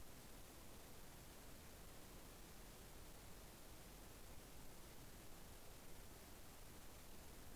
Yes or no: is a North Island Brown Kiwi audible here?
no